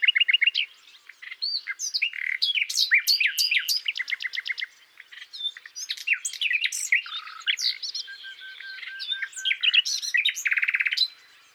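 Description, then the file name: Common nightingale song: rapid rich phrases mixing sharp chirps, whistled slurs and fast buzzy trills, with a loud rattling trill near the end. "Luscinia megarhynchos"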